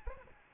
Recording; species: mosquito wingbeat signal from an infrared sensor; Aedes albopictus